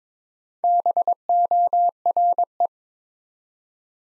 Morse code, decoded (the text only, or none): BORE